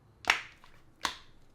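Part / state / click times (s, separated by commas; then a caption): smartphone into rigid protective case / seated / 0.3 s, 1.1 s. A blue iPhone is pressed into a rigid Dbrand Tank protective case, made for the iPhone 17 Pro Max or iPhone Air, and its edges snap over as the corners engage. Two sharp, bright snaps ring out at 0.3 s and 1.1 s, with a faint tap between them. The phone seats firmly in the case.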